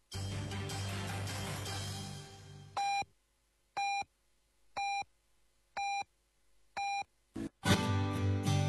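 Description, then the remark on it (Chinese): A Beijing Time hourly time signal on Beijing Sunshine FM 98.6 radio, 2017: five evenly spaced, mid-pitched electronic beeps about a second apart, plus a quick final pip, set between a fading music bed and a loud burst of music. “北京时间”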